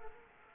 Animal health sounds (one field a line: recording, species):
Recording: mosquito wingbeat signal from an infrared sensor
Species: Culex quinquefasciatus